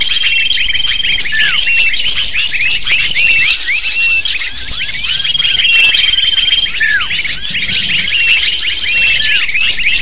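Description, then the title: Lovebirds chattering as a flock, a dense, continuous mass of shrill squeaky chirps and short down-slurred notes, with a few sustained high whistled tones running through. Lure for attracting lovebirds. "PIKAT BURUNG LOVEBIRD"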